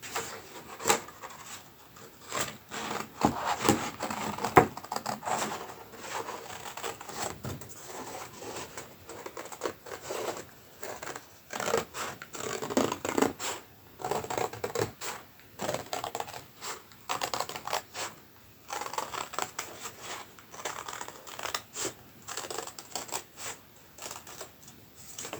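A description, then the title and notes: Soft, swirling tracing strokes on paper alternate with sharp, staccato cuts through card. The scratchy sounds are fairly dense and uneven throughout, punctuated by brief crisp snips and a few louder hits, especially around five and eighteen seconds. Soft Tracing and Staccato Cutting. A soundscape of contrasts through the valleys of soft, swirly tracing to the pinnacles of sharp cuts of card.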